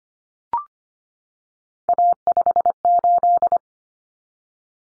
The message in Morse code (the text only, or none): A58